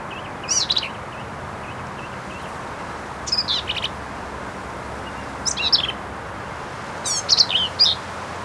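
Black-capped vireo song: short, jumbled phrases of harsh, buzzy and squeaky notes, given every two to three seconds over steady background hiss.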